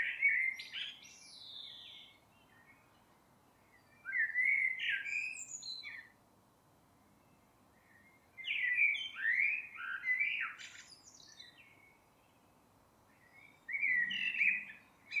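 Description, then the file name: Eurasian blackbird song: repeated phrases of rising and falling fluted whistles mixed with scratchy high twitters, separated by short pauses. "Turdus merula"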